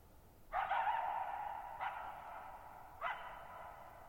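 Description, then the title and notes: Coyote giving a drawn bark with a long echo, followed by two shorter barks, over a quiet background. Lone coyote vocalizing at night, July 14, 2019, Thirtymile Meadows, Okanogan National Forest (Okanogan High Country), 6400 ft; high dry plateau among tall mountains, shallow bowl-shaped meadow with very long reverberation. "Lone Coyote at Thirtymile Meadows. I spent the night of July 14, 2019, camped near Thirtymile Meadows in the Okanogan National Forest at 6400 ft (1950 m)"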